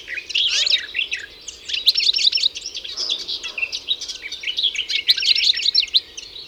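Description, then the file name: European goldfinch song: rapid, jangling chatter of high liquid twitters and short trills running almost without break. "Carduelis carduelis"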